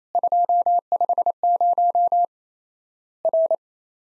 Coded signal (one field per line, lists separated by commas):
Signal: Morse code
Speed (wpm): 28 wpm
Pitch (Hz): 700 Hz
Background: none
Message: 250 R